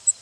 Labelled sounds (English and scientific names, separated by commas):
Cape May Warbler (Setophaga tigrina) flight call